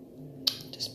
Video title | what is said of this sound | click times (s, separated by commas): Goodies, goodies, goodies!!! | pops right in there yay | 0.5 s